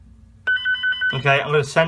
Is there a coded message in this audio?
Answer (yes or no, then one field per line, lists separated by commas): no